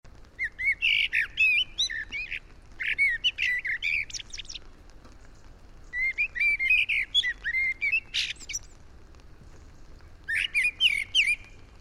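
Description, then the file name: Eurasian blackbird song: four separate phrases, each a low mellow warble breaking into a squeaky, high twittering flourish, with quiet pauses of one to two seconds between phrases. "Turdus merula"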